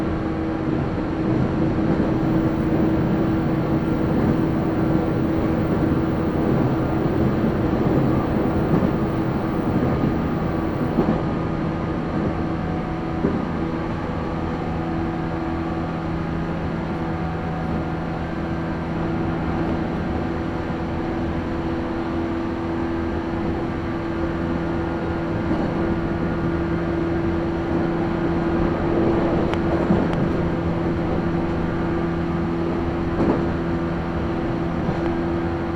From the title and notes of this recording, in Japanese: 鹿児島本線・筑豊本線 九州工大前→折尾→本城。かつてはテーマパークとして栄えたスペースワールド駅で特急を待避し折尾駅に到着します。